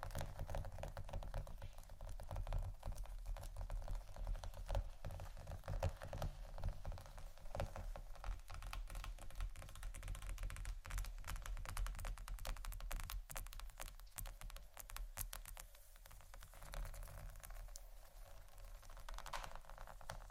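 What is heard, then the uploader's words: Scratching and tapping go on without pause, a dense stream of fine, rapid clicks and rasps much like busy typing. The texture stays fairly even throughout, bright and crackly on top over a steady low rumble, with brief sharper taps scattered across the clip. ASMR Scratching & Tapping For Sleep（No Talking）.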